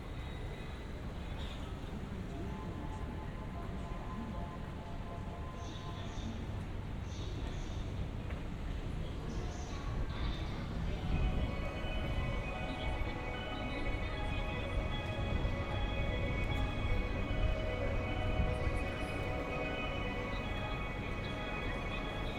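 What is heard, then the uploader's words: A walk through Shinbashi in Tokyo, with a steady, dense rumble of traffic and crowd underneath. Scattered voices and short bright tones come and go early on, and after about eleven seconds a sustained high whine, like a passing train, rides over the noise. 3D AUDIO TOKYO WALKING - Shinbashi(新橋), Japan.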